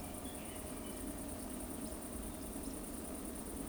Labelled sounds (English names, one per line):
Eurasian Woodcock chase call